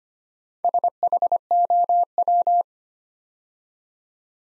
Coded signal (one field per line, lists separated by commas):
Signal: Morse code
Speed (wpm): 25 wpm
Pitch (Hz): 700 Hz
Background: none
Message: SHOW